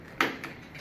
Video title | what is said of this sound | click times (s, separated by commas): Drill motor safety | then you'll know when it's locked in because it'll you'll hear the click and then it won't be able to pull it off well | 0.2 s